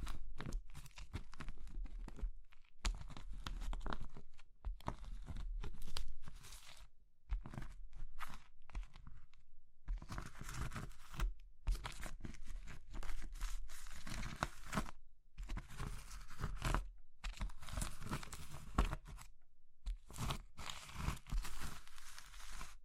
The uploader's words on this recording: ASMR Oddly Satisfying Crushing Triggers Soap, Chalk, Meringue, Pastel (No Talking).